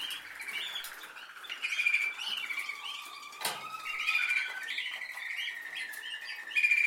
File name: Canary Voice